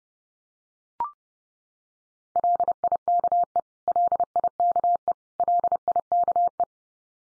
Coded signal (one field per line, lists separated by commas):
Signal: Morse code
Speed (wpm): 30 wpm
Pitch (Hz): 700 Hz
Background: none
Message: LIKE LIKE LIKE